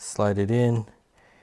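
A SAS cable connector is slid toward its port on the backplane/motherboard of a Dell PowerEdge R720XD/R720 server while someone talks briefly, followed by quiet handling noise. The connector is not yet home; nothing has seated or clicked yet.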